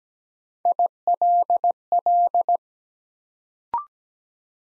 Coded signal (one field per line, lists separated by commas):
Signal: Morse code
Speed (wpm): 17 wpm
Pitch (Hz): 700 Hz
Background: none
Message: ILL